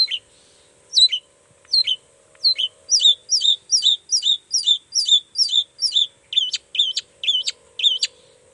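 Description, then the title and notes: Long-tailed shrike song: harsh two-part chirps that speed into a rapid repeated run, then slow to paired notes, over a low background hum. Cendet song in the morning, described as gacor (singing intensely) with toet toet variations, used to provoke other cendet into answering. "Cendet Gacor Dor Di Kala Pagi Toet Toet Variasi Suara. Cendet Gacor Pagi Hari Biangnya Bikin Cendet Manapun Langsung On Nyaut Buka Materi. Burung cendet"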